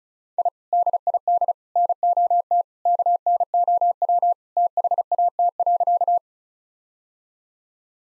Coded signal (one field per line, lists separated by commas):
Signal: Morse code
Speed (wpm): 36 wpm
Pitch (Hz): 700 Hz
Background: none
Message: I DID NOT KNOW THAT.